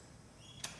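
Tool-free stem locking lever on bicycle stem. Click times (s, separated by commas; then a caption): 0.6 s. After the five millimetre bolt is tightened, the lever of a tool-free adjustable bicycle stem is closed to lock the stem. A short, sharp click sounds at 0.6 s over quiet background noise. The stem lever is locked in place.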